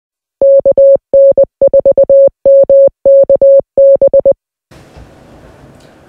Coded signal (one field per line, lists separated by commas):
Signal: Morse code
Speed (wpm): 20 wpm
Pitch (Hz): 550 Hz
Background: none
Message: KN4MKB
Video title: ALC And Digital Modes - Avoiding Harmonics